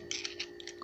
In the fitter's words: escucharon un click ahí